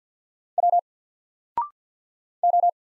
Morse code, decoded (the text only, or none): W O